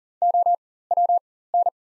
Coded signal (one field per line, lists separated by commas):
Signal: Morse code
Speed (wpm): 40 wpm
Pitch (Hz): 700 Hz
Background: none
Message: OWN